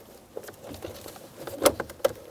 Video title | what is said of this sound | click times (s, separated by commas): How to Replace Heater Fan Control Switch 1988-1999 GMC K1500 | the connector clips into place | 1.7 s